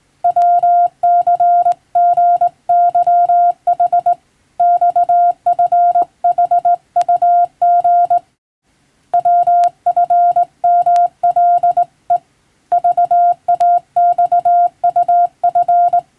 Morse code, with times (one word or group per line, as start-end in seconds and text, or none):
0.2-4.1 WCGYH
4.6-8.2 XFHUG
9.1-12.2 WFMLE
12.7-16.0 VAXUF